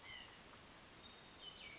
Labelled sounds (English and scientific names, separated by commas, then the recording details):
White-breasted Nuthatch (Sitta carolinensis)
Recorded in Sonoma County, California